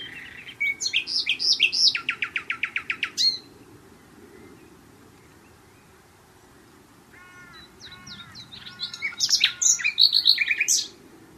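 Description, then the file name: Common nightingale song with rapid chips and a loud machine-gun trill, a pause, then soft looped whistles and a dense final burst of sharp notes. "Luscinia megarhynchos"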